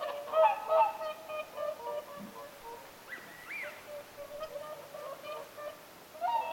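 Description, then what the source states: Whooper swans giving overlapping trumpeting honks, with a brief higher rising and falling call partway through. Several whooper swans calling at Lintulahti, 6 November 2025.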